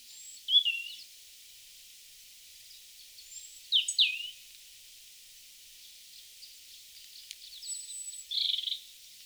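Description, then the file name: European robin song: three separate short phrases of high, sliding whistles spaced several seconds apart, the last one buzzy, with quiet pauses between. "Erithacus rubecula"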